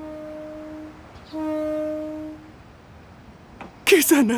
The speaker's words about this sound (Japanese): あ、列車来たぞ。